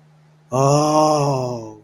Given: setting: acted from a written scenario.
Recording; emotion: vocal sound without words; awe